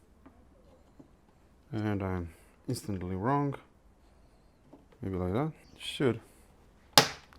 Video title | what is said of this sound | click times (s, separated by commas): The Grand Finale - V12 BMW E38 750iL Restoration - Project Dubai: Part 7 | snap into place | 7.0 s